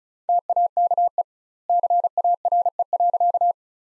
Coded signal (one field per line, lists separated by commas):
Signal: Morse code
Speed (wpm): 36 wpm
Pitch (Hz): 700 Hz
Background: none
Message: TAKE CARE.